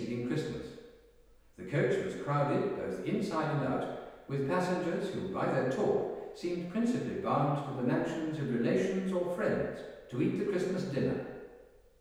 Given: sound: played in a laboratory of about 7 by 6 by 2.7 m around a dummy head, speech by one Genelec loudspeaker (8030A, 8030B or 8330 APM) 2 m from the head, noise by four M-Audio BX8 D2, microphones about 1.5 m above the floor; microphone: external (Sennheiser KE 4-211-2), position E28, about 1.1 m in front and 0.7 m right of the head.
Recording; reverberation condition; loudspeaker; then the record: male speech in English; high; 120 degrees to the left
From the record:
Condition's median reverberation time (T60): about 1300 ms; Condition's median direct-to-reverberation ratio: about -4.0 dB